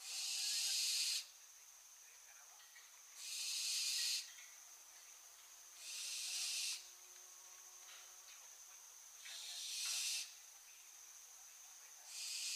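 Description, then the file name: Barn owl repeating harsh, hissy screeches roughly every three seconds, five in all, some slightly weaker than others, over a steady high-pitched whine. "Schleiereule - Tyto alba"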